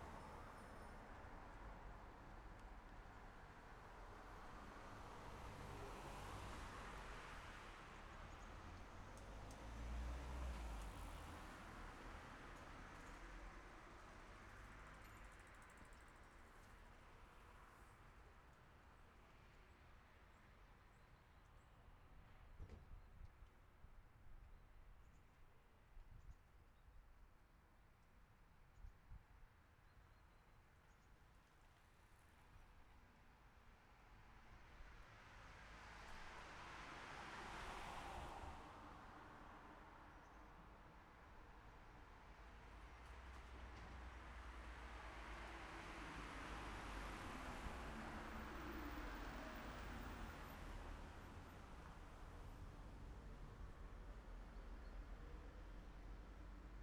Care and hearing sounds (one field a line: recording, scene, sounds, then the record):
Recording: everyday scene through a hearing-aid microphone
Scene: in traffic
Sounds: traffic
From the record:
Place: city secondary road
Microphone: behind the ear, left, front